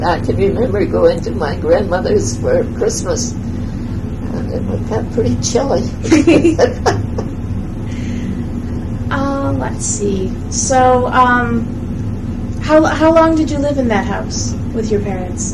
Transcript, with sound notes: I can remember going to my Grandmother's for Christmas and it got pretty chilly. [laughs]
Let's see, so how long did you live in that house with your parents?